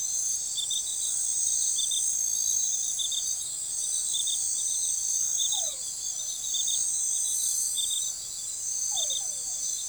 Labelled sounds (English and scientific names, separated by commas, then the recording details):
none
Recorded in forest near Pivijay, Magdalena, Colombia, on 13 April 2023 at 23:30
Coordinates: 10.467, -74.380
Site Z5-G034